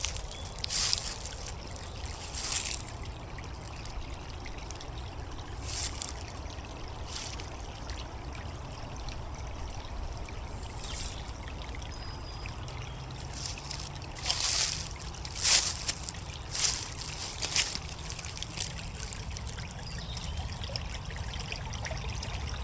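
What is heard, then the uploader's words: Footsteps crunch on leaves and twigs along a river path every second or two, over a steady low rumble, with brief faint bird chirps. River Sherbourne: Walking Riverside in Coundon. Listen closely and we can hear the hum of the rush hour traffic in the distance. This time, we twist and turn walking along the river’s path, with the leaves and twigs crunching under our feet, taking in the birds and wildlife surrounding us on the outskirts of the city. The recordings were captured using a binaural microphone between January and April 2022.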